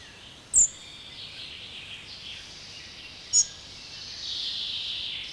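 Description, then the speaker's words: Spotted Flycatcher producing two brief, high, thin squeaks about three seconds apart against a low hiss that grows louder near the end. Field recording from Finland, where it is the fifth most common bird; described as a soft-voiced chirper. "Viidenneksi yleisin lintumme on hentoääninen sirahtelija, harmaa sieppo."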